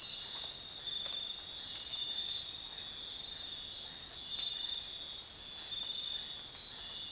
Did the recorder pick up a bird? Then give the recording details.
no. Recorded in dense forest near Puerto Asís, Putumayo, Colombia, on 18 February 2024 at 05:30. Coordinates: 0.466, -76.327. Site G6413